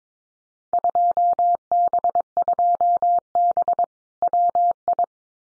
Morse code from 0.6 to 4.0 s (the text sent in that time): 2B2B